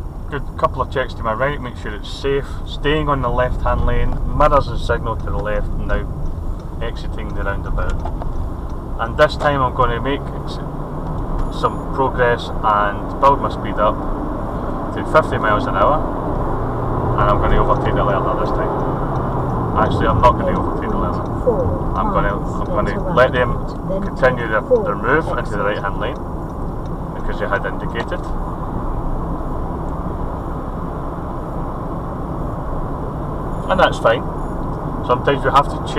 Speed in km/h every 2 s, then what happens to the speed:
23, 26, 24, 31, 37, 48, 58, 66, 76, 77, 66, 52, 47, 47, 48, 50, 53, 55.
0-5 steady at about 24. 5-17 speeds up to 77. 18-24 brakes to 47. 24-36 speeds up to 55.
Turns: none.